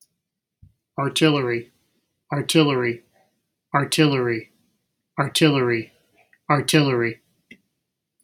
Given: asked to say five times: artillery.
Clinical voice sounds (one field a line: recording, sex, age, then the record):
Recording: repeated word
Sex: male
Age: 60 to 69 years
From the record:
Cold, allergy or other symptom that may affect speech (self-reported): no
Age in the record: 63 years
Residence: Pennsylvania, United States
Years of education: 16